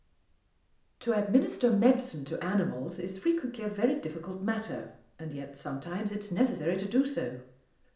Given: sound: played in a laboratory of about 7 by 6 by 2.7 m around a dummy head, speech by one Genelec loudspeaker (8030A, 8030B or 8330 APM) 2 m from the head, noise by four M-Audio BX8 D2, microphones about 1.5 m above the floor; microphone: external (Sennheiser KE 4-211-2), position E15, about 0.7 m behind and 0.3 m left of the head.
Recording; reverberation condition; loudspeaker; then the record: female speech in English; medium; 120 degrees to the left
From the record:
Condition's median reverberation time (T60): about 510 ms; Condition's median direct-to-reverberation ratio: about -0.5 dB